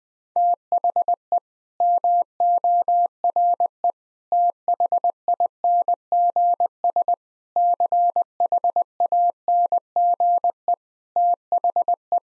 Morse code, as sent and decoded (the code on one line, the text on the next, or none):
- .... . / -- --- .-. . / - .... .. -. --. ... / -.-. .... .- -. --. . / - .... .
THE MORE THINGS CHANGE THE